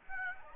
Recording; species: mosquito wingbeat signal from an infrared sensor; Aedes aegypti